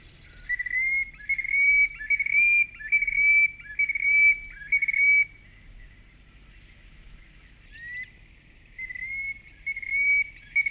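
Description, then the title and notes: Common sandpiper calls: a series of high whistled notes, each rising slightly in pitch, a pause of a few seconds, then more whistles. "Viikon luontoääni: Rantakurvi. Viikon luontoäänen esitteli Pertti Koskimies"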